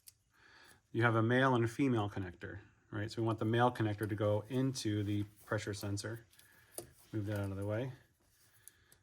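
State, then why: Seated. Someone talks while pushing the male wiring pigtail connector of a PULSAR XT plug-in tuner module onto the engine's pressure sensor on a 2021+ Ford Bronco. A sharp click at 8.7 s confirms the connector is seated, after which the red locking tab is pushed in.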